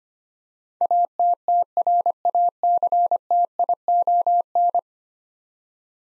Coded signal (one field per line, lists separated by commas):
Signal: Morse code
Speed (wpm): 25 wpm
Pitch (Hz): 700 Hz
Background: none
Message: ATTRACTION